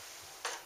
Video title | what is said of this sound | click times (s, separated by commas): Sterling Vintage Japanese Class 15 Sewing Machine Demo Video | in there the little thumb pointing up till it clicks leave the thread | 0.4 s